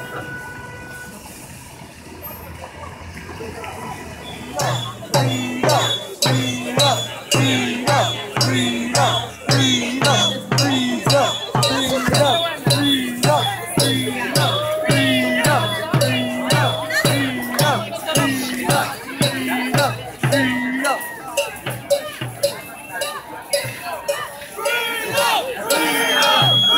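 Protesters fill a downtown street, opening with a few seconds of low traffic rumble and murmur. From about five seconds a crowd begins chanting loudly in a fast, steady rhythm that continues to the end, with shouts and a horn-like tone near the twenty-second mark.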